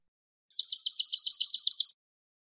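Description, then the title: European goldfinch singing a fast, even run of sweet, liquid high twitters, about one and a half seconds long against silence. "Jilguero"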